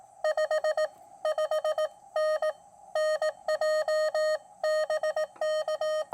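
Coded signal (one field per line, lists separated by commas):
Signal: Morse code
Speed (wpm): 18 wpm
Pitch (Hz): 620 Hz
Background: none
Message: 55N NJ BK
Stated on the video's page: QRP POTA activation on a QRP Labs QMX high-band transceiver with a carbon fiber mast antenna.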